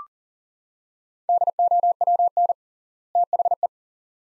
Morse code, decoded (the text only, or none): DOWN THE